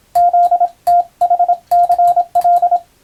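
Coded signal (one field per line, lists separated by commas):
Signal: Morse code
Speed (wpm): 26 wpm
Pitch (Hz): 700 Hz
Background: radio noise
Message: ZTHCL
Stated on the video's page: Morse code reception practice of telegram-style text for radiotelegraph operators, intended to be played at adjustable speed.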